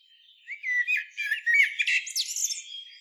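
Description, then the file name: Common blackbird giving quick high chirps and squeaks in rapid irregular succession, rising into sharper, thinner notes toward the end. "Turdus merula"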